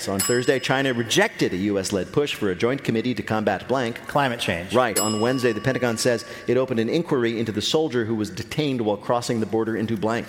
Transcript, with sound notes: On Thursday, China rejected a U.S.-led push for a joint committee to combat blank.
Climate change.
Right.
(SOUNDBITE OF BELL)
On Wednesday, the Pentagon says it opened an inquiry into the soldier who was detained while crossing the border into blank.